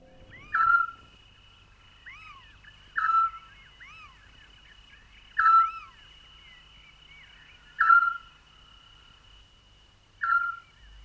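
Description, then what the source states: Eurasian scops owl calling: a single short whistled note repeated about every two and a half seconds, with fainter arching chirps between the notes. Nocturnal owl no bigger than a blackbird.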